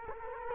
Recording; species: mosquito wingbeat signal from an infrared sensor; Culex quinquefasciatus